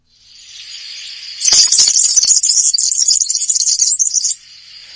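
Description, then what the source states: European serin song: a very high, fast, jingling and buzzy tumble of notes lasting about three seconds. Common bird; song rendered as 'xibri, xibri, xibri', likened to something frying, and described as very easy to tell apart.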